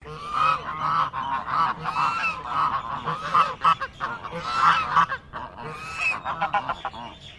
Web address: Sound Effects-Foundation 1 BIRD GEESE CHINESE HONK